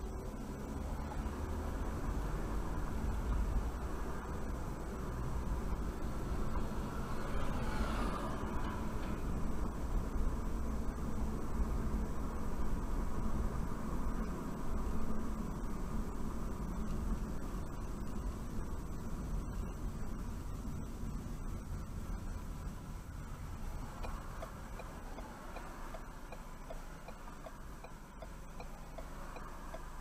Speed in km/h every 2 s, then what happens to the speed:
27, 32, 37, 42, 47, 48, 50, 44, 37, 32, 24, 13, 5, 0, 0.
0-13 speeds up to 50. 13-26 brakes to 0. 26-30 standing.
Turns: none.